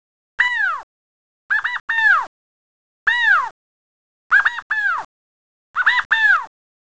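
California quail giving its assembly call, loud arched notes repeated in single and double groups with short silent gaps between them.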